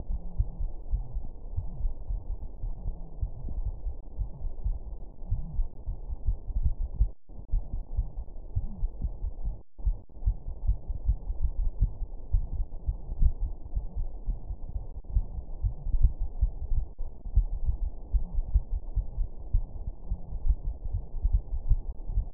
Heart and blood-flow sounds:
heart sounds
not marked
From the record:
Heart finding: coronary artery disease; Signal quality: poor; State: rest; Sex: female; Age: 58 years

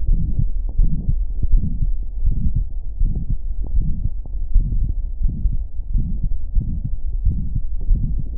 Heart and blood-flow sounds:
heart sounds
0.00	0.08	diastole
0.08	0.22	S1
0.22	0.40	systole
0.40	0.48	S2
0.48	0.78	diastole
0.78	0.90	S1
0.90	1.10	systole
1.10	1.20	S2
1.20	1.52	diastole
1.52	1.64	S1
1.64	1.82	systole
1.82	1.94	S2
1.94	2.24	diastole
2.24	2.36	S1
2.36	2.54	systole
2.54	2.66	S2
2.66	3.00	diastole
3.00	3.12	S1
3.12	3.30	systole
3.30	3.38	S2
3.38	3.74	diastole
3.74	3.88	S1
3.88	4.06	systole
4.06	4.16	S2
4.16	4.54	diastole
4.54	4.68	S1
4.68	4.84	systole
4.84	4.94	S2
4.94	5.22	diastole
5.22	5.32	S1
5.32	5.44	systole
5.44	5.58	S2
5.58	5.94	diastole
5.94	6.04	S1
6.04	6.18	systole
6.18	6.26	S2
6.26	6.56	diastole
6.56	6.66	S1
6.66	6.82	systole
6.82	6.90	S2
6.90	7.24	diastole
7.24	7.38	S1
7.38	7.54	systole
7.54	7.62	S2
7.62	7.90	diastole
7.90	8.04	S1
8.04	8.16	systole
8.16	8.24	S2
8.24	8.37	diastole
From the record:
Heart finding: aortic stenosis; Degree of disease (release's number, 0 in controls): 4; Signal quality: good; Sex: female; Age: 64 years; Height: 1.63 m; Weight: 78 kg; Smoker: no

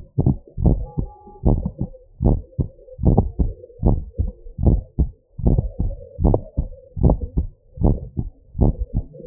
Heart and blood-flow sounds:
heart sounds
0.00	0.25	systole
0.25	0.35	S2
0.35	0.65	diastole
0.65	0.79	S1
0.79	1.03	systole
1.03	1.11	S2
1.11	1.45	diastole
1.45	1.59	S1
1.59	1.81	systole
1.81	1.89	S2
1.89	2.23	diastole
2.23	2.37	S1
2.37	2.59	systole
2.59	2.69	S2
2.69	3.03	diastole
3.03	3.17	S1
3.17	3.39	systole
3.39	3.49	S2
3.49	3.85	diastole
3.85	3.97	S1
3.97	4.21	systole
4.21	4.31	S2
4.31	4.65	diastole
4.65	4.79	S1
4.79	4.99	systole
4.99	5.09	S2
5.09	5.45	diastole
5.45	5.59	S1
5.59	5.81	systole
5.81	5.91	S2
5.91	6.23	diastole
6.23	6.35	S1
6.35	6.59	systole
6.59	6.69	S2
6.69	7.03	diastole
7.03	7.17	S1
7.17	7.39	systole
7.39	7.47	S2
7.47	7.83	diastole
7.83	7.97	S1
7.97	8.19	systole
8.19	8.27	S2
8.27	8.61	diastole
8.61	8.75	S1
8.75	8.97	systole
8.97	9.05	S2
9.05	9.27	diastole
From the record:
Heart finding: normal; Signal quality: good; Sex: female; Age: 75 years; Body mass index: 27.2

